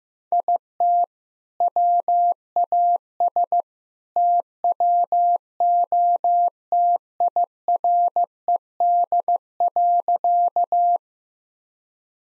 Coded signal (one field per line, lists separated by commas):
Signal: Morse code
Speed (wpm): 16 wpm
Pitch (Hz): 700 Hz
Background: none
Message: IT WAS TWOTIRED.